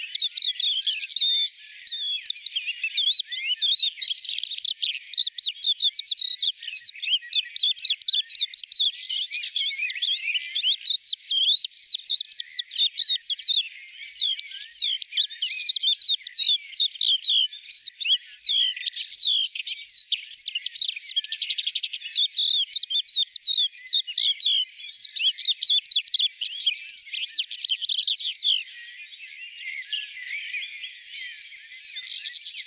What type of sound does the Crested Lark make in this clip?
song